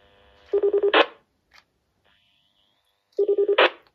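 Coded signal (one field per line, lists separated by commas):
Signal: roger beep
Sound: five quick low beeps like old phone dialing, then a squelch hiss, twice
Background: radio squelch noise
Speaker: schalten wir doch mal den zweiten Roger pieie an hört sich ein bisschen an wie ein älteres wählendes Funktelefon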